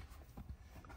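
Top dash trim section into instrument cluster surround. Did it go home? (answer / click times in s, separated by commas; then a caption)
no / none. The top plastic dash trim section above the speedometer cluster of a 2020–2023 Toyota Hilux is handled against the instrument cluster surround, with a plastic clip meant to engage it. Low rumbling handling noise and soft knocks are heard, with a brief faint tick near 0.9 s. Nothing has seated or clicked in yet.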